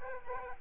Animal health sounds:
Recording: mosquito wingbeat signal from an infrared sensor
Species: Aedes aegypti

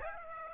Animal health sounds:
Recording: mosquito wingbeat signal from an infrared sensor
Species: Aedes aegypti

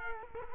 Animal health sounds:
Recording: mosquito wingbeat signal from an infrared sensor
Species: Culex quinquefasciatus

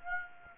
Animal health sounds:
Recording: mosquito wingbeat signal from an infrared sensor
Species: Aedes aegypti

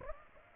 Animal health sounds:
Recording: mosquito wingbeat signal from an infrared sensor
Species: Aedes aegypti

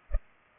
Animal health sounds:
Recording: mosquito wingbeat signal from an infrared sensor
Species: Culex pipiens

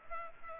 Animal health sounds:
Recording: mosquito wingbeat signal from an infrared sensor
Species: Culex pipiens

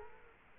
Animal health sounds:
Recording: mosquito wingbeat signal from an infrared sensor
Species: Culex quinquefasciatus

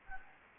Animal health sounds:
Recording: mosquito wingbeat signal from an infrared sensor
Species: Anopheles gambiae

